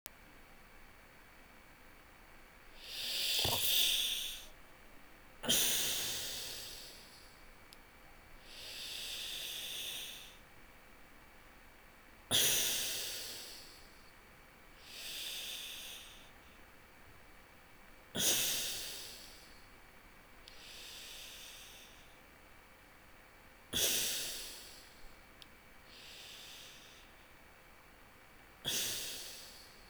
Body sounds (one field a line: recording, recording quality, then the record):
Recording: deep breathing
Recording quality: excellent, no background noise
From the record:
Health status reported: healthy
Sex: male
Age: 42 years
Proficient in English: no